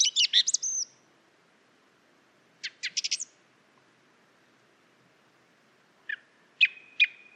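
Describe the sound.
Song thrush song: a few short bursts of high, squeaky notes separated by quiet gaps, over faint background hiss.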